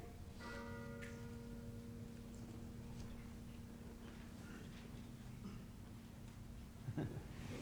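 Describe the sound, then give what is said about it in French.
A church bell strikes once, ringing the Angelus, and its deep, humming tone rings on for several seconds, slowly fading over a steady low rumble with no voices. “Angélus Dominum, ciel.”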